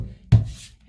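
A laminate floor plank is fitted tongue-and-groove into the previous row's plank and clicked down, giving a sharp click at 0.3 s followed by a brief low rumble and faint hiss. The plank clicks but is not fully home: a piece of carpet stuck in the joint leaves a gap.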